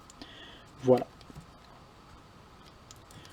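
The clipped plastic parts of a transforming toy are pulled in opposite directions so a plastic peg comes out of its notch on the mating part, releasing with short clicks at 0.1 s and 0.2 s. Someone talks briefly around 0.9 s, and a few faint ticks follow near the end. The parts come apart.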